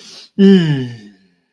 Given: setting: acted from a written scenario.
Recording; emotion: vocal sound without words; relief